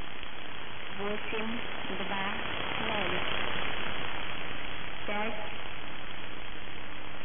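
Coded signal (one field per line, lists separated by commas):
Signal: numbers station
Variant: S06s, Russian female voice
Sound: a few short spoken words, evenly spaced, through steady shortwave hiss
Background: radio static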